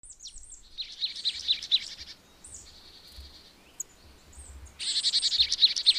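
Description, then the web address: Marsh tit giving buzzy, rasping chatter in two long bursts, with a few high sharp notes between them. "agykontroll Madardalok Cd 1. Barátcinege"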